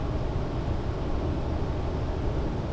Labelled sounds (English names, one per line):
none